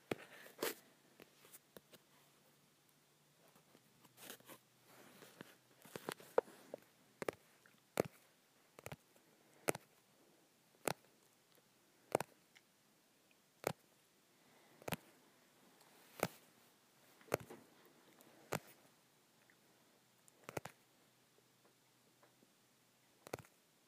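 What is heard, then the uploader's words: Fingers tap on the soft covers of books, each tap a short, crisp click. The taps come irregularly, clustered and quicker in the first seven seconds, then spaced about a second apart, with a final tap near the end over a quiet background. Tapping my Softcover Books.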